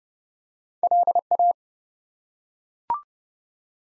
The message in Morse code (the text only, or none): LA